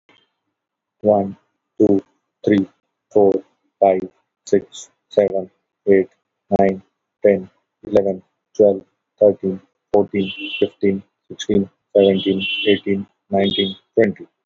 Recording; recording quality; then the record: counting at a normal pace; excellent, no background noise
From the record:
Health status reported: healthy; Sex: male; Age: 41 years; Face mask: not worn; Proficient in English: yes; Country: India